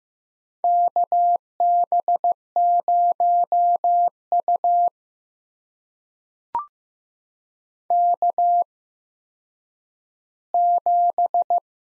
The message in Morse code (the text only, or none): KB0U K7